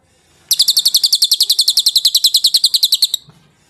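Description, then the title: Bird song: one steady, rapid trill of bright high pulses lasting nearly three seconds, then stopping abruptly. Masteran recording, a tutor track played to teach songbirds. "Suara masteran Burung"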